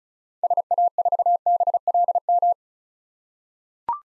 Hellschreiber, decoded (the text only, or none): none